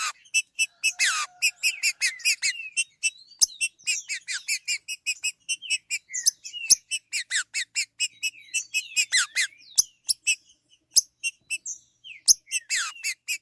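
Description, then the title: Green-winged saltator pouring out dense, fast chirping phrases with slurred notes mixed in, broken by occasional sharp clicks. "Trinca Ferro"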